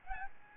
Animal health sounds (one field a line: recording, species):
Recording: mosquito wingbeat signal from an infrared sensor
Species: Aedes albopictus